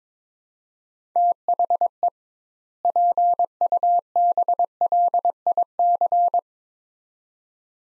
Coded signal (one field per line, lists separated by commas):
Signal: Morse code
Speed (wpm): 21 wpm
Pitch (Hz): 700 Hz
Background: none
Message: THE PUBLIC